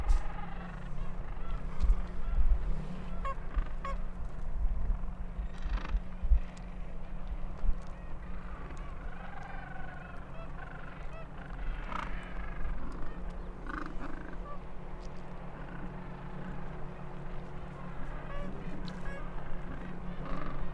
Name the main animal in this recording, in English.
Gentoo Penguin